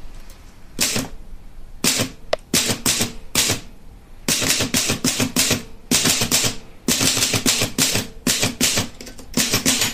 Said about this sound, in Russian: Тук-тук-тук-тук-тук. Простучала пишущая машина.